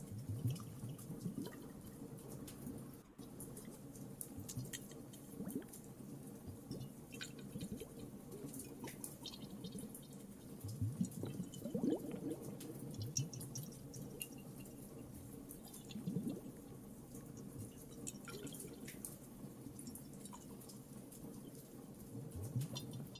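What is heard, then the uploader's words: Water and a crackling fire fill a cave space, with a steady, dense low rumble underneath. Sharp ticks, pops and drip-like clicks scatter throughout at an irregular, fairly quick rate. Near the three-second mark the sound briefly cuts out. Some more Cave ASMR, Water and Fireplace added.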